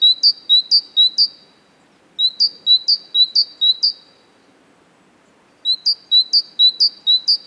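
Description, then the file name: Great tit with high see-saw two-note phrases delivered in three short bursts separated by pauses. "Parus major"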